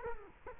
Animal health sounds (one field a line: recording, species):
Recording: mosquito wingbeat signal from an infrared sensor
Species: Culex quinquefasciatus